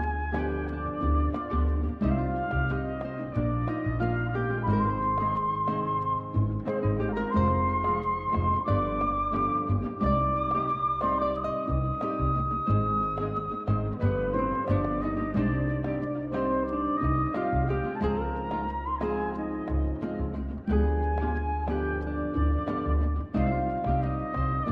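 A soundtrack piece with a steady, full low bass and a bright melody weaving above it, holding an even loudness throughout.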